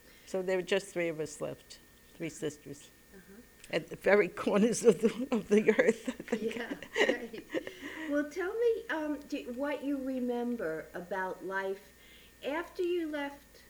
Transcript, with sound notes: So there are just three of us left. Three sisters.
Uh-huh.
At the very corners of the earth. [She laughs]
Yeah. Right. Well, tell me what you remember about life, after you left,